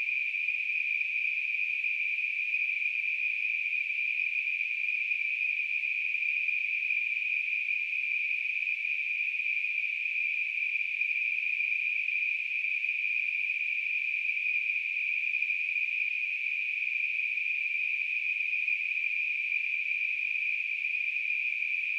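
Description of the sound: A steady, high-pitched hissing ring, a narrow band of noise centred near 2.5 kHz that holds unchanged in pitch and loudness for the full 22 seconds. It is a simulated tinnitus sound, imitating the constant ringing or hissing heard in the ears.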